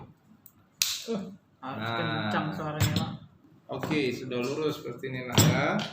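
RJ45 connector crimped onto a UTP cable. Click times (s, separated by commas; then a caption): 0.8 s. An RJ45 plug on a UTP network cable is squeezed in a crimping tool, giving a sharp, loud click at 0.8 s as the connector is crimped and seated. Someone talks through the rest of the clip.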